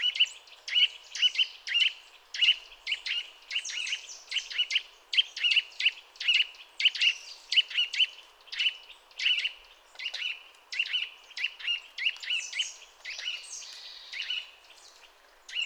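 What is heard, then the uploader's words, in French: A Eurasian nuthatch calls repeatedly, sharp bright notes coming in quick, fairly regular bursts several times a second through the whole recording. Contact calls give way to song, with busier, rising phrases later on, over a quiet natural background. La douceur actuelle qui règne dans notre pays réveille quelques oiseaux chanteurs sédentaires. La Sittelle torche-pot (Sitta europaea) discrète jusqu'alors commence à ce faire entendre. Cris de contact puis chant se succèdent sur cette séquence.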